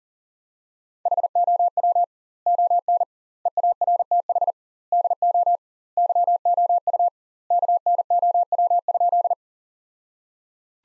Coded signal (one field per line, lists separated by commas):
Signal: Morse code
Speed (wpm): 40 wpm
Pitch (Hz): 700 Hz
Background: none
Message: HOW ON EARTH DO YOU KNOW?